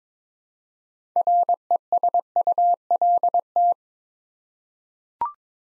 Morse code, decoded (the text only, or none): RESULT